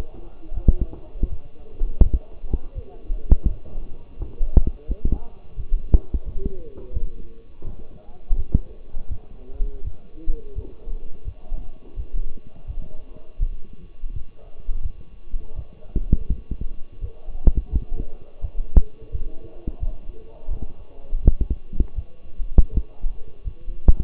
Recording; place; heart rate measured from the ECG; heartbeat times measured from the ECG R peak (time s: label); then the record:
heart sounds by stethoscope; between the tricuspid and mitral areas; 84 bpm
0.54 s: heartbeat
1.29 s: heartbeat
2.03 s: heartbeat
2.74 s: heartbeat
3.47 s: heartbeat
4.19 s: heartbeat
4.87 s: heartbeat
5.56 s: heartbeat
6.25 s: heartbeat
6.93 s: heartbeat
7.63 s: heartbeat
8.36 s: heartbeat
9.08 s: heartbeat
9.83 s: heartbeat
10.55 s: heartbeat
11.24 s: heartbeat
11.96 s: heartbeat
12.66 s: heartbeat
13.39 s: heartbeat
14.12 s: heartbeat
14.82 s: heartbeat
15.55 s: heartbeat
16.28 s: heartbeat
17.00 s: heartbeat
17.70 s: heartbeat
18.41 s: heartbeat
19.11 s: heartbeat
19.79 s: heartbeat
20.49 s: heartbeat
21.22 s: heartbeat
21.95 s: heartbeat
22.71 s: heartbeat
23.44 s: heartbeat
From the record:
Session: walking at 3.7 km/h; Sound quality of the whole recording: partially saturated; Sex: male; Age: 24 years